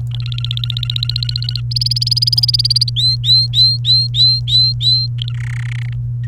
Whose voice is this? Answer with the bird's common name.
Domestic Canary